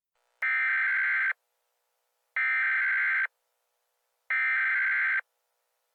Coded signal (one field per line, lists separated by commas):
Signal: Emergency Alert System (SAME) tones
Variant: header bursts